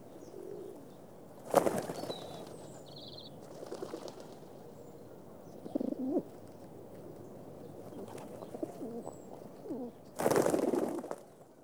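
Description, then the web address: Pigeon giving a few short low coos between loud noisy bursts, over a constant street hum. Pigeons feeding, in a London street atmosphere. "BBC Sound Effects Library. Pigeons"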